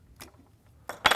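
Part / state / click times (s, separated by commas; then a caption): aluminum base plate onto pistol magazine body / seated / 1.1 s. An aluminum base plate is pushed fully onto a pistol magazine body. A faint metallic tick at 0.2 s and a scrape around 0.9 s lead to a sharp, loud click at 1.1 s as the base plate snaps and seats into place.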